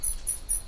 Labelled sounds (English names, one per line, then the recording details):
Stitchbird song
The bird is a male
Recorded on Tiritiri Matangi Island, New Zealand, in 2005
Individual 8, of nest box 10